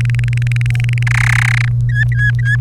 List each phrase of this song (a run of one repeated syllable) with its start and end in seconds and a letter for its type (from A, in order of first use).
0.01-1.03 A, 1.07-1.68 B, 1.89-2.57 C